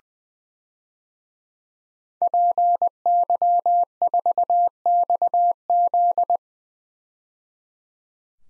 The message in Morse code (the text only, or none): PY4XZ